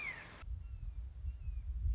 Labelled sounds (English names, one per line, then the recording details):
Red-shouldered Hawk
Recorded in Sonoma County, California